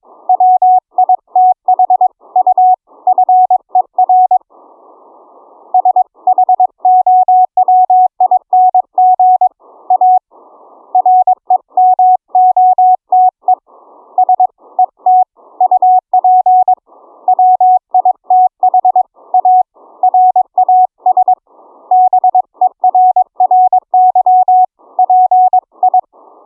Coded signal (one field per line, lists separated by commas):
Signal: Morse code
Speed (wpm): 22 wpm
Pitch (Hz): 740 Hz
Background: none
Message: WITH U FER SHOWING A REMOTE SET UP WITH A RASBERRY PI